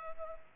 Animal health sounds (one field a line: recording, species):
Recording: mosquito wingbeat signal from an infrared sensor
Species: Culex pipiens